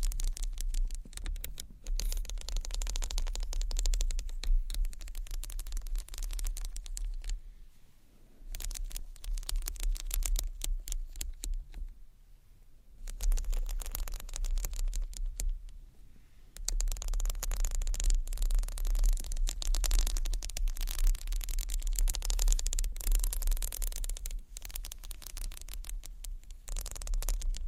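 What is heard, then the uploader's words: Tiny bottles rattle and clatter against a textured bag in dense crinkling bursts, with brief quieter pauses near 8, 12 and 16 seconds. ASMR Tiny Bottles Vs Textured Bag Which One You Choose（No Talking）.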